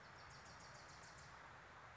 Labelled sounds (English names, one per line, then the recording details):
Wilson's Warbler
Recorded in Sonoma County, California